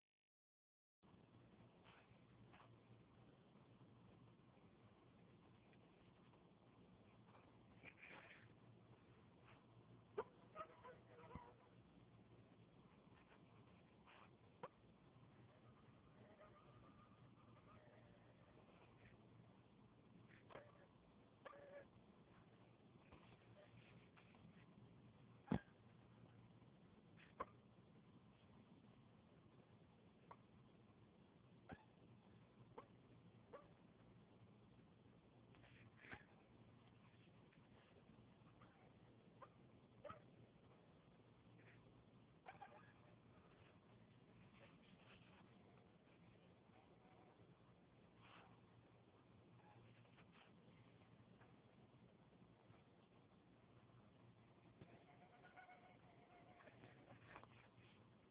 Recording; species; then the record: mosquito flight sound by mobile phone; Anopheles stephensi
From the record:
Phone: Huawei 866C